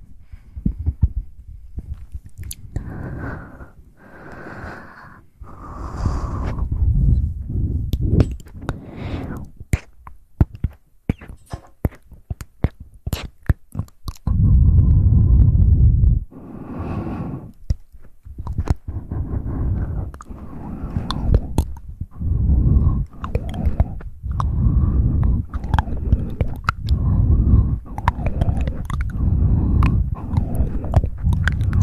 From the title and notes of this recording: ASMR Tingly Mouth Sounds & Hand Movements.